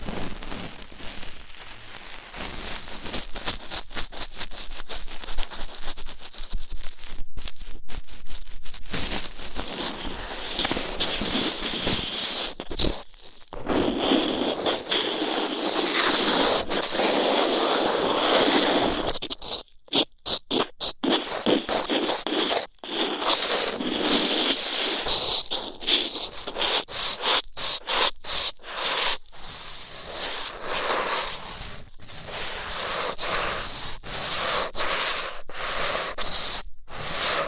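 Rough ear cleaning: dense scratching and rubbing crackles continuously, bright and gritty, growing fuller after about nine seconds. Brief gaps of near silence cut in around 13, 20 and 23 seconds, then the rasping resumes steadily to the end.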